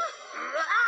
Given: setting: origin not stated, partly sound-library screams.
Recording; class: one-second piece from a danger detection set; woman in danger